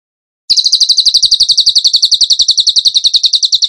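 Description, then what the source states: Bird song starting abruptly as a quick, even string of sharp high-pitched notes, continuing without a break. Masteran (training recording) song in the 'tembakan gacor' style, used to train other birds.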